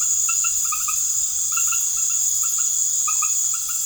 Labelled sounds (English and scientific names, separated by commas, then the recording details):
none
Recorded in secondary vegetation near Puerto Asís, Putumayo, Colombia, on 12 March 2025 at 20:00
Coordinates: 0.489, -76.322
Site G042